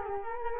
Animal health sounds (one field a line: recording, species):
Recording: mosquito wingbeat signal from an infrared sensor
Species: Culex quinquefasciatus